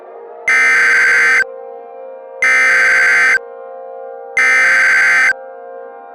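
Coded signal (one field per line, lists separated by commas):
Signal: Emergency Alert System (SAME) tones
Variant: header bursts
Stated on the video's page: Fictional EAS mock containing valid SAME tones.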